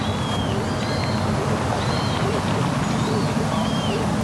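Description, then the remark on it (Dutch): A hungry young buzzard in a forest, begging its parents for food, gives thin, high mewing whistles that slur downward, repeated about five times at a steady pace over a constant rush of wind-like background noise. “En ook een hongerige buizerd.”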